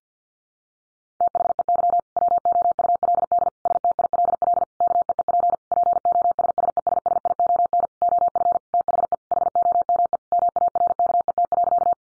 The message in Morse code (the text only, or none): THEY WOULD STILL KEEP POSSESSION OF THE HOME MARKET.